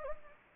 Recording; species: mosquito wingbeat signal from an infrared sensor; Anopheles gambiae